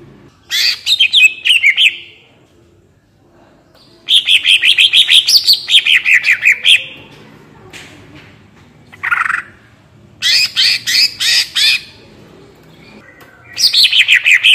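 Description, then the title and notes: Greater green leafbird song: bright whistled phrases with rapid rattling chatter and descending slurred notes, delivered in bursts separated by short silences. Vocal, actively singing (gacor) bird with rattling (ngentrok) song and raised crest (jambul nembak), described as melodious; suited as masteran for training captive greater green leafbirds. "Cucak Ijo Gacor Ngentrok Jambul Nembak. suara burung cucak ijo gacor, merdu cocok buat masteran burung cucak ijo"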